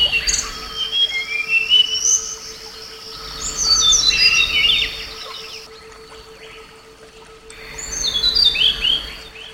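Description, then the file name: Flycatcher song of quick whistled and twittering phrases in bursts with quieter gaps, set against a hissing background and a low steady hum. Flycatcher song presented as therapy (terapi); uploaded 2014. "terapi sikatan"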